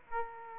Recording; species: mosquito wingbeat signal from an infrared sensor; Aedes aegypti